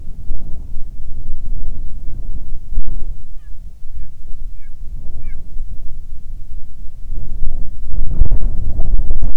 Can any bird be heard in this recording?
yes